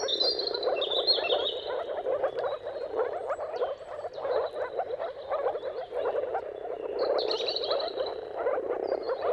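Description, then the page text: Moor frogs in mating chorus, steady overlapping bubbling calls, with a bird's high whistled phrases at the start and again near the end. Chorus of moor frogs giving mating calls at sunrise, at the turn of March and April, timing depending on the weather; described as a dawn chorus spectacle. "Dawn’s Chorus: Mating Calls of Marsh Frogs at Sunrise. Depending on the weather at the turn of March and April, you can witness an amazing spectacle of moor frogs. Jakub Orzecki. earth.fm"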